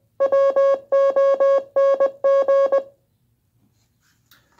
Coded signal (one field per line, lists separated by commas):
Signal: Morse code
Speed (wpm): 20 wpm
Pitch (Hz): 550 Hz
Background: music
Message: WONG